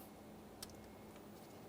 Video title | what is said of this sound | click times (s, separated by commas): How to Replace Master Cylinder 2004-2008 Ford F-150 5.4L V8 | After an audible click, we'll just give it a light tug, confirming it's properly secured. | 0.6 s